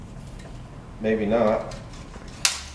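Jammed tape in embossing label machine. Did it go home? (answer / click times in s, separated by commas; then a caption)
released / 2.5 s. A tool is poked into a jammed ROOVERS metal-tape embossing label machine to punch the stuck tape out. Someone talks, then a sharp, loud click comes at 2.5 s as the jammed tape is punched free and released.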